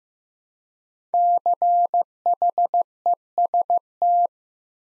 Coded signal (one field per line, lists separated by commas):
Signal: Morse code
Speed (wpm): 15 wpm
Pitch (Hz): 700 Hz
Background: none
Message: CHEST